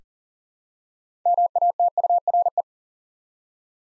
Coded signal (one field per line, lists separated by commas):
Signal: Morse code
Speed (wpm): 39 wpm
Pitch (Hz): 700 Hz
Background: none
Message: MATURE